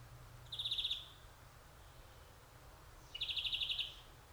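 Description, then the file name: European greenfinch giving two brief rapid trills about two and a half seconds apart. "Chloris chloris"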